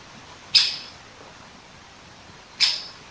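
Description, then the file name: Great Spotted Woodpecker with two abrupt, high 'kik' notes separated by about two seconds in an otherwise quiet setting. Recorded 21 September 2015. "dzieciol duzy nikolay sariev. dendrocopos major), 2015-09-21"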